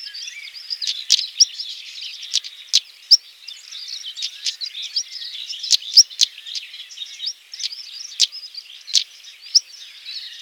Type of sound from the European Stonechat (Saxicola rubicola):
song